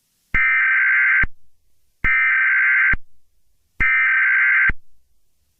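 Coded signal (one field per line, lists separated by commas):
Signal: Emergency Alert System (SAME) tones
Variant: header bursts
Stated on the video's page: Fictional EAS scenario.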